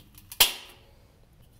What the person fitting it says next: It just clicked.